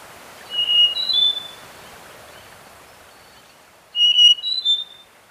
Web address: Natures Songs S America Birds of Ecuador Slaty-backed Nightingale-Thrush